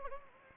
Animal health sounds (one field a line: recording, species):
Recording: mosquito wingbeat signal from an infrared sensor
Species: Anopheles gambiae